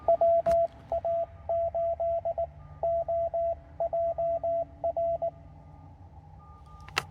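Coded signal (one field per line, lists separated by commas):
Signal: Morse code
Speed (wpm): 22 wpm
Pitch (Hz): 690 Hz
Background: radio noise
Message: WA8OJR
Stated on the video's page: CW Parks On The Air activation on a Penntek TR-45L with a 17' whip and Begali Expedition key; signals weak at first, improving later.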